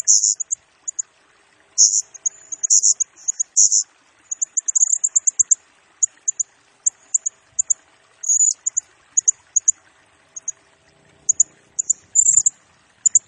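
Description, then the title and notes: Blue-crowned hanging parrot with thin, sharp squeaks and quick chittering series, high and insistent, irregularly spaced. Used as a lure and for training, provoking other birds; the singing bird is in full voice (gacor) and fires rapid bursts (nembak). "Burung Serindit Nembak Gacor Bikin Emosi Semua Burung. Suara Nasteran Dan Pemikat Burung Serinditan Gacor"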